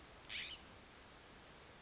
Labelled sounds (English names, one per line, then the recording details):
California Scrub-Jay
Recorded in Sonoma County, California